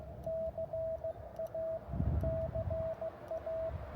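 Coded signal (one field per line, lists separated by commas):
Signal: Morse code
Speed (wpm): 16 wpm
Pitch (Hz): 660 Hz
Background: radio noise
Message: CA CA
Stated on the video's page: Morse during a park activation near Big Bear, California.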